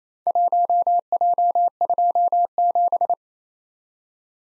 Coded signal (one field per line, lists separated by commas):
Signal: Morse code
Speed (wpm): 29 wpm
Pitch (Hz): 700 Hz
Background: none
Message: 1J27